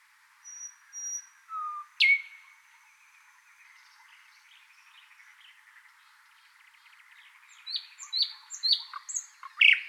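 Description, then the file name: Thrush nightingale song: a few isolated whistles and a sharp note, a quiet stretch, then a burst of loud, varied, rapid phrases at the end. "British Library - Thrush Nightingale Luscinia luscinia"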